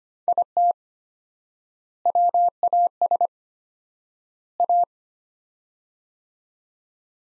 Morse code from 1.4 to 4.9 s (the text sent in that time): WAS A